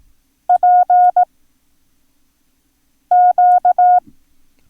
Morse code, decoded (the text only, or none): PQ